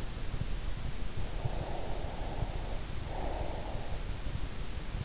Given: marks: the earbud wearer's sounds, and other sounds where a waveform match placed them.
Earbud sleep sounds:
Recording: sounds in sleep by an in-ear microphone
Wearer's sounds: breath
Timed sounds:
1.22-4.10 s: breath

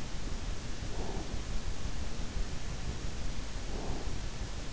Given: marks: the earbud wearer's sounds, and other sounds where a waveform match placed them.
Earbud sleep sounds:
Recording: sounds in sleep by an in-ear microphone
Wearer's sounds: breath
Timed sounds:
0.80-1.38 s: breath
3.61-4.19 s: breath

